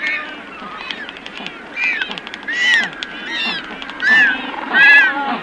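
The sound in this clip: Magellanic penguin calls: several honking and braying notes, with louder harmonic brays in the second half.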